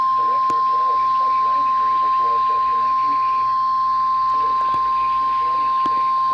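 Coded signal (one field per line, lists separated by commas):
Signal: Emergency Alert System (SAME) tones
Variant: 1050 Hz attention tone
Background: speech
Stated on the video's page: Required Weekly Test on weather radio stations WXL58 and WXL50, with a ZoneGuard failure.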